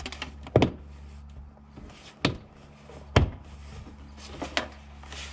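The bottom edge of a 4Runner door trim panel is pushed in last, and its plastic clips snap into the door with sharp clicks at 0.6, 2.2, 3.2 and 4.6 seconds over a low background hum. The panel is seated and installed.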